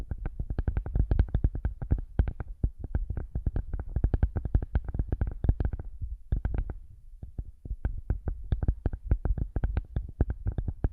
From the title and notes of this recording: ASMR using Headphones as a Mic Brain Melting Massage Triggers. (No Talking).